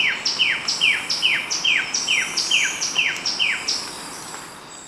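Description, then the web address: Sepia-brown Wren song: clear notes slurring downward, repeated about twice a second for roughly four seconds against faint background hiss. Ecuador. "Natures Songs S America Birds of Ecuador Sepia-brown Wren"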